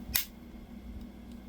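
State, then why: Released. Even pressure on the side of a clear plastic Vilros Raspberry Pi 4 Starter Kit case releases its snap-fit with a single sharp click at 0.2 s. The case half comes off, and only a faint steady low hum follows.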